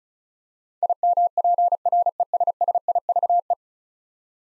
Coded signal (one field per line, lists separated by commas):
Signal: Morse code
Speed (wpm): 36 wpm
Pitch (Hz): 700 Hz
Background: none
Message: IMPRESSIVE